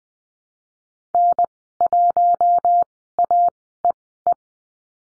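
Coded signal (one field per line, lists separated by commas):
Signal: Morse code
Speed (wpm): 20 wpm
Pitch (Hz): 700 Hz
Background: none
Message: N1AEE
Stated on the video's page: Morse code course lesson on call signs at Farnsworth speed 20/10 wpm.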